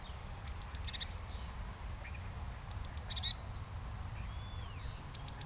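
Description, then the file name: Eurasian blue tit calling: a thin, high three-note tsee-tsee-tsee run ending in a short buzz, repeated about every two and a half seconds, the last cut short, over low rumbling background noise. "Cyanistes caeruleus"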